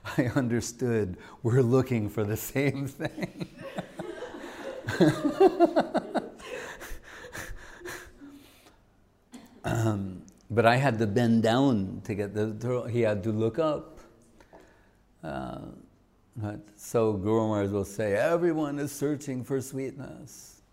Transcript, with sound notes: I understood, we’re looking for the same thing.. [laughs] But I had to bend down to get this he had to look up, but so Guru Maharaj will say, “Everyone is searching for sweetness.”